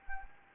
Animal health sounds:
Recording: mosquito wingbeat signal from an infrared sensor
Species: Anopheles gambiae

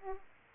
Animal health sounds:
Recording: mosquito wingbeat signal from an infrared sensor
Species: Aedes aegypti

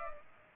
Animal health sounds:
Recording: mosquito wingbeat signal from an infrared sensor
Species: Culex pipiens

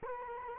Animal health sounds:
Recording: mosquito wingbeat signal from an infrared sensor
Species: Culex quinquefasciatus

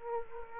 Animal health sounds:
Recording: mosquito wingbeat signal from an infrared sensor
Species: Aedes aegypti

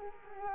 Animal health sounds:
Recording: mosquito wingbeat signal from an infrared sensor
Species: Culex quinquefasciatus

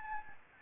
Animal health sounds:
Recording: mosquito wingbeat signal from an infrared sensor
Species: Anopheles gambiae

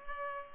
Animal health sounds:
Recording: mosquito wingbeat signal from an infrared sensor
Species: Culex pipiens

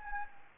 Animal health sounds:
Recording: mosquito wingbeat signal from an infrared sensor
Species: Anopheles gambiae

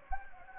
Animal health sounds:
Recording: mosquito wingbeat signal from an infrared sensor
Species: Anopheles gambiae

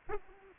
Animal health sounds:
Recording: mosquito wingbeat signal from an infrared sensor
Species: Aedes aegypti

